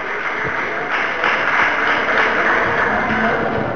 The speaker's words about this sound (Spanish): Adelante, compañera. Por favor, un aplauso para la compañera